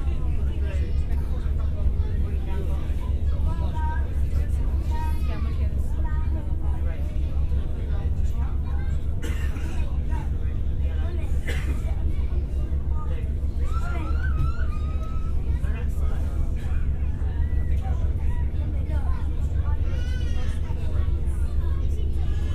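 Aboard the ferry from Ryde to Portsmouth, a heavy low engine rumble drones steadily through all 23 seconds without letting up. Over it, many voices chatter continuously, overlapping and indistinct, with occasional brighter calls and rising tones standing out, like a voice near the 12- and 15-second marks.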